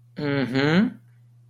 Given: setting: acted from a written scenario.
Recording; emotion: vocal sound without words; pride